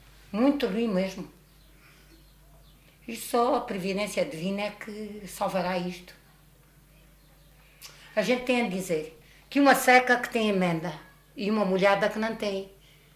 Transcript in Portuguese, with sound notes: Muito ruim mesmo! Isto só a providência divina é que salvará isto. [pausa] A gente tem em dizer que uma seca que tem emenda e uma molhada que não tem.